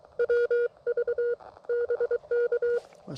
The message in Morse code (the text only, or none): WV BK